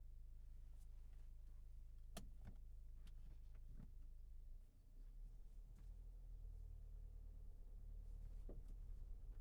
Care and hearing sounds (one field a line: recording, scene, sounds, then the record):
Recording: everyday scene through a hearing-aid microphone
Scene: in a vehicle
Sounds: engine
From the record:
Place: Berlingo II, diesel engine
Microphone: behind the ear, left, front